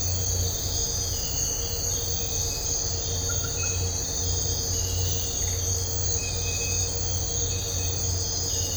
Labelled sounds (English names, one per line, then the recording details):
none
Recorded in dense forest near Puerto Asís, Putumayo, Colombia, on 4 March 2025 at 05:30
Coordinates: 0.468, -76.322
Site GP01